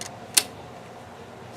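An expandable fishing net's handle lock is extended and locks open, giving one sharp click at 0.4 s that seats it in place. A quieter tick sounds right at the start, and after the click only a low steady background hum remains.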